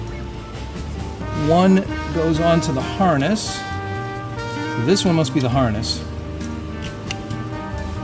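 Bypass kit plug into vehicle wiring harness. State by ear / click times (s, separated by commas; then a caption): seated / 7.1 s. The harness-side plug of an SAIS bypass kit is pushed onto the FJ's vehicle wiring harness connector while music plays and someone talks. A sharp click at 7.1 s marks the plug seating into place.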